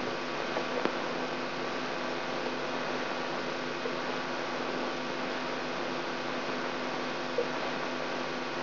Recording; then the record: brain microelectrode recording played as sound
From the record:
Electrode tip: inside the subthalamic nucleus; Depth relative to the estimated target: 0 mm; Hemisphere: right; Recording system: AlphaMap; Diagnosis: Parkinson's disease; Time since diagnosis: 16 years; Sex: female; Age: 67 years